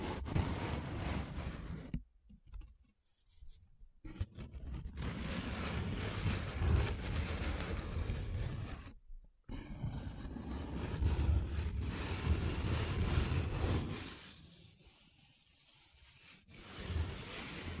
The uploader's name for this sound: Paper Sounds Tracing, Scratching, Rubbing